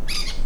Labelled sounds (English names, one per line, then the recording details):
Brown-throated Parakeet contact call
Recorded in La Tortuga
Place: Isla La Tortuga
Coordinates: 10.925, -65.258